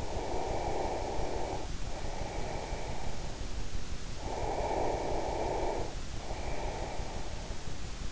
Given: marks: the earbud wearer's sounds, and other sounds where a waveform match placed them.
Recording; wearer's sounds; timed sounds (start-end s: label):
sounds in sleep by an in-ear microphone; breath
0.00-3.55 s: breath
4.16-7.52 s: breath